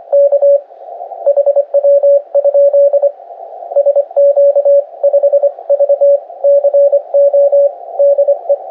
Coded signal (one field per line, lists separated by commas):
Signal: Morse code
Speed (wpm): 25 wpm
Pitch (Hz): 560 Hz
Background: radio noise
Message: K HW? SQ5VCO DE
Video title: Basic QSO at 26wpm on 7 MHz | PA7JWC DE SQ5VCO